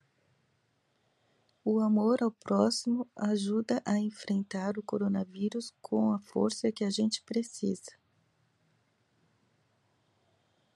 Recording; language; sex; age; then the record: spoken sentence; Brazilian Portuguese; female; 50 to 59 years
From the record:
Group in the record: control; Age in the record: 52 years